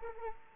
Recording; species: mosquito wingbeat signal from an infrared sensor; Anopheles arabiensis